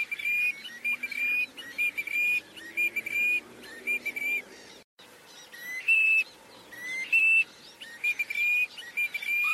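Bird calling with a long series of short, clear whistled notes over a constant hiss of background noise.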